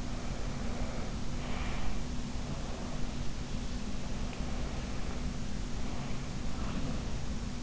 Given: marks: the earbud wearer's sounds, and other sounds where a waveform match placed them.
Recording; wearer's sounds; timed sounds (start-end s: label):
sounds in sleep by an in-ear microphone; breath
0.00-3.18 s: breath
4.35-7.27 s: breath